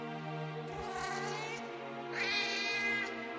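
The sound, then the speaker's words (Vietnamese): At night, a cat yowls in long, wavering, drawn-out cries that rise and fall like a wailing baby, with a sharper, higher-pitched surge toward the end. “Trời thì ghê quá, tiếng mèo kêu mà như tiếng con nít khóc.”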